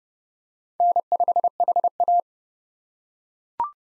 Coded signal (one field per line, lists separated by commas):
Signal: Morse code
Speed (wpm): 29 wpm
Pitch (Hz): 700 Hz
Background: none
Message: N5HA